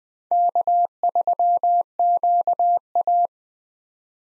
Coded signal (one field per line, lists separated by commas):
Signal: Morse code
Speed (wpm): 20 wpm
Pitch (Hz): 700 Hz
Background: none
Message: K3QA